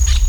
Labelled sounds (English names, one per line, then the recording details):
Brown-throated Parakeet contact call
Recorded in Venezuela
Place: Tumeremo, Edo. Bolívar
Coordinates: 7.209, -61.364